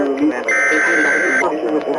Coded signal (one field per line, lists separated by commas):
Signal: Emergency Alert System (SAME) tones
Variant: header bursts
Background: speech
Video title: EAS Scenario: "America Under Attack: Reduxed"